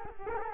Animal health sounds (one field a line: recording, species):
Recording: mosquito wingbeat signal from an infrared sensor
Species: Culex quinquefasciatus